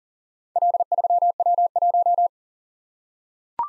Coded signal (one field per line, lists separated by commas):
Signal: Morse code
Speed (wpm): 41 wpm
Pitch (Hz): 700 Hz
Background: none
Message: L3W1